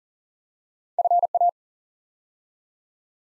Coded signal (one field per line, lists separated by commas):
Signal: Morse code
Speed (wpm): 39 wpm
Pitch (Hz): 700 Hz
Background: none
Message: FA